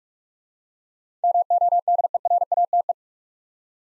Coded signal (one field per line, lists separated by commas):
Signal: Morse code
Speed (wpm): 44 wpm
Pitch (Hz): 700 Hz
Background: none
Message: MODERATE